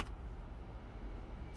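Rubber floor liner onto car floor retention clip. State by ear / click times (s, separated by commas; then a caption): not seated / none. A driver-side WeatherTech rubber floor liner is handled into position over the floor retention clip of a 2019 Honda Pilot. Only a steady low rumble with faint, soft handling noise is heard. Nothing has seated or clicked yet.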